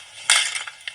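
Thumbs pushing on the analog sticks of a PS4 controller force its front plastic shell off the inner frame, separating the shell halves. A loud, crackling plastic pop at 0.3 s is followed by small ticks near 0.7 s and 0.9 s. The shell comes free, which sounds alarming but is normal.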